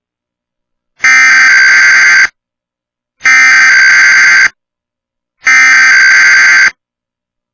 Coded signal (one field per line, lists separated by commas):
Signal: Emergency Alert System (SAME) tones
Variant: header bursts